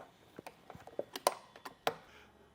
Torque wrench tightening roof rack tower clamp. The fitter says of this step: now we're going to fasten it down until we hear the click on our torque wrench